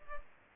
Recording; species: mosquito wingbeat signal from an infrared sensor; Culex pipiens